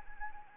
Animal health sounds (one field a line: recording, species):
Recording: mosquito wingbeat signal from an infrared sensor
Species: Anopheles arabiensis